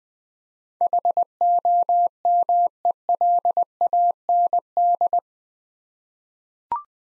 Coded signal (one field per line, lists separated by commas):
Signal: Morse code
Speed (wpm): 20 wpm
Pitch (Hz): 700 Hz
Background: none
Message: HOMELAND